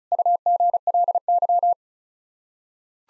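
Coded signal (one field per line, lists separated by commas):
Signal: Morse code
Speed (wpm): 34 wpm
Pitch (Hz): 700 Hz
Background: none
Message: UGLY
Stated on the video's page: Morse head-copy practice of seven-word sets at 35 wpm, sent, spoken, then sent again.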